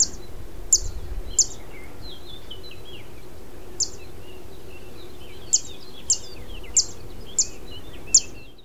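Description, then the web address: Zitting cisticola giving sharp, high ticking zips at irregular intervals, several close together near the end, with softer chirps from other birds underneath and a steady low hum. "Zitting cisticola. صدای-پرنده-سبدنشین-چکاچک"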